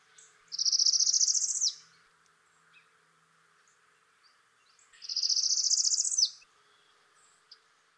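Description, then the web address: Northern parula singing: two rising, buzzy trills, each closing with an abrupt dropping flick, the second about four and a half seconds after the first. "Dan Gibson Wildlife Identification By Sound, Eastern North America Pt 2. Northern Parula"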